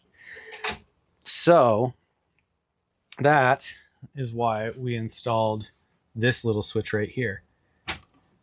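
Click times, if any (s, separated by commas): 7.9 s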